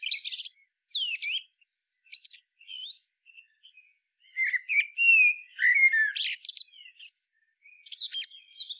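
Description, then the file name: Common blackbird with high chirps and twitters at first, then a louder stretch of fluty, slurred warbling notes and more squeaky trills. "Turdus merula"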